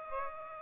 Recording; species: mosquito wingbeat signal from an infrared sensor; Aedes aegypti